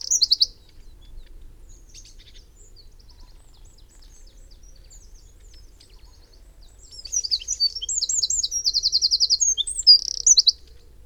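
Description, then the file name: Eurasian wren song: a brief high burst at the start, then after a quiet gap a long, rapid, high-pitched outpouring of twittering notes with a fast rattling trill. "Troglodytes troglodytes"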